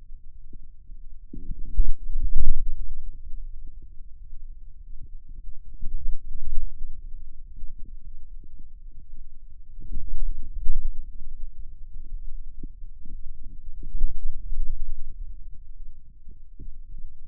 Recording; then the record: forearm muscle sounds (acoustic myography)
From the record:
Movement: wrist extension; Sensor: system 2, bracelet of six BSWA MPA416 microphones around the upper forearm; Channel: 5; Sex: male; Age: 22 years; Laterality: right